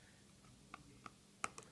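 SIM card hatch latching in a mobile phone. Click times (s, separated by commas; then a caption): 1.4 s. The small plastic SIM card hatch on an NGM Explorer mobile phone is swung across and pressed into its catch, with faint ticks at about 0.7 s and 1.1 s. A sharp, bright latch click comes at 1.4 s, followed by a couple of softer ticks around 1.6 s. The hatch is locked in place.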